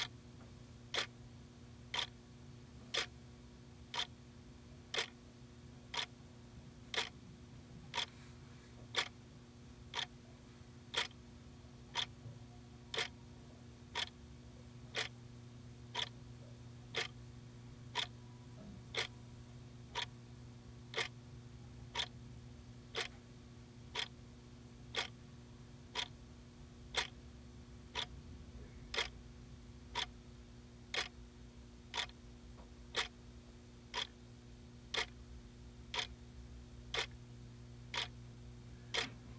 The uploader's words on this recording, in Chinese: 書桌時鐘滴答聲。當台灣只剩下聲音 Sounds of Taiwan。